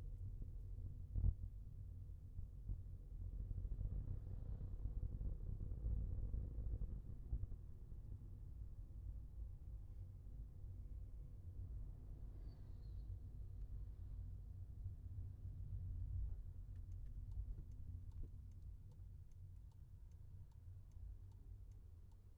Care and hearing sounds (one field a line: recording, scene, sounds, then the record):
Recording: everyday scene through a hearing-aid microphone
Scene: in a vehicle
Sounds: engine, traffic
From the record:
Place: Skoda Fabia, gasoline engine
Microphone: behind the ear, left, front